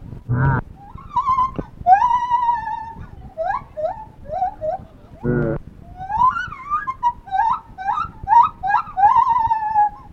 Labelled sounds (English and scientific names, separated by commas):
Lar Gibbon (Hylobates lar)